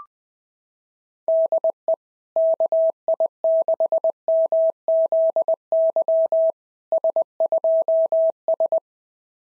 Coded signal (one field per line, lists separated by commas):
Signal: Morse code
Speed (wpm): 20 wpm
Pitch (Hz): 650 Hz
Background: none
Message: DE KI6MZY S2S